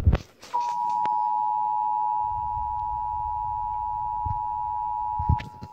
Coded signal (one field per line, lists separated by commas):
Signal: Emergency Alert System (SAME) tones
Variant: 853 and 960 Hz attention tone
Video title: (LATE UPLOAD) Required Monthly Test EAS #225